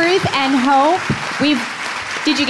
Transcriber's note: applause